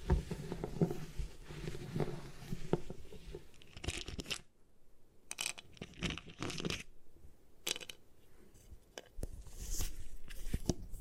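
Gym chalk being crushed and crumbled, with a dense, gritty grinding for the first four seconds. After that come separate bright crunches and crackly bursts at irregular intervals, with short quiet gaps between them, and a busier stretch near the end.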